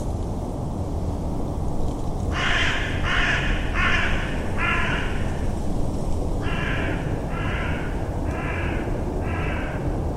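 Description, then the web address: Bird giving harsh cawing calls in two series of four evenly spaced notes, separated by a pause, over a steady low rumbling background noise. "Deverinetal 2025. Bird Only"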